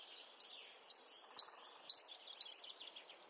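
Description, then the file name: Great tit, repeated two-note ringing phrases, with some softer twittering beneath. "Parus major"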